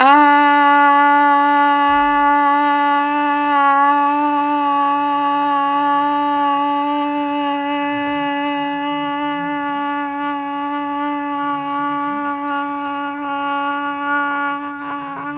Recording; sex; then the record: sustained vowel /a/; female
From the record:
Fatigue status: no fatigue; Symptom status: symptomatic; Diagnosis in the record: COVID-19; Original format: m4a